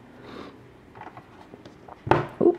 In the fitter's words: and they snap into to the base very easy as you can see oh